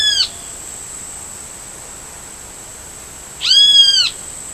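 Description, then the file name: Great kiskadee call: two strong, slightly arched harmonic notes about three seconds apart, over a constant high-pitched hiss. Recorded at Laguna Diario, Uruguay, 19 April 2013. "Pitangus-sulphuratus-Lag Diario-UY-19-4-13-ASilveira"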